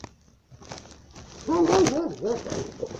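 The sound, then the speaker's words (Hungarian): A dog whimpers in a series of high, wavering whines that rise and fall in pitch, growing louder halfway through, with a faint hiss of background noise underneath. “Hogy vagy kis kutyám?”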